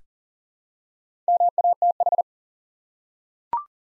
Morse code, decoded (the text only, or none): MATH